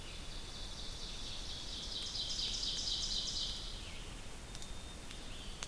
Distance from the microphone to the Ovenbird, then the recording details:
about 60 m. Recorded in boreal forest in Alberta, Canada, on 2 June 2016 at 06:04. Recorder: SongMeter 3, array SBT-3-7. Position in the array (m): 50 m, 144 m. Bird 4